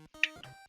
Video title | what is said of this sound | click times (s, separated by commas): Oh Yeah - Beast Wars 10th Anniversary Megatron | and clip them into place there | 0.2 s